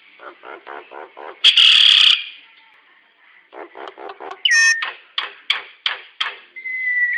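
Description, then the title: Nias hill myna calls: a series of low nasal pulses, a loud harsh burst, more pulses, a sharp squeal, then separate clipped notes and a closing whistle. "Burung jalak nias"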